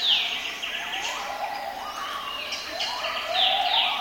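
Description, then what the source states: Gibbon song with swooping notes rising in pitch, mixed with shrill higher calls. In a forest.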